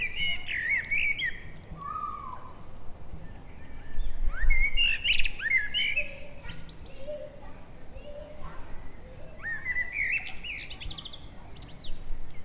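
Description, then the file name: Eurasian blackbird song: mellow warbled phrases, each closing in a high squeaky twitter, repeated throughout, with a few low soft notes between and steady background hiss. "Turdus merula"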